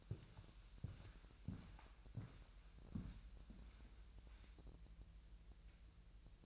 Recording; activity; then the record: daily activity, microphone in the room; walk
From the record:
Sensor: 2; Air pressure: 1002.0 hPa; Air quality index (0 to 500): 228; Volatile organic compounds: 56 ppm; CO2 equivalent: 3368 ppm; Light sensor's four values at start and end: 7/16/6/7 and 6/15/6/7